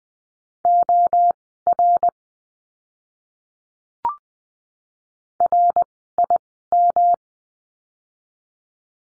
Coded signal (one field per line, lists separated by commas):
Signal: Morse code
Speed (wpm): 20 wpm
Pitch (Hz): 700 Hz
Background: none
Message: OR RIM